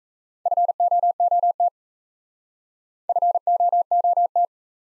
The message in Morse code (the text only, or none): FOOT FOOT